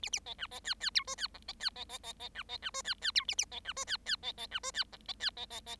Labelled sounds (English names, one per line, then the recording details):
Bengalese Finch song
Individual Bird7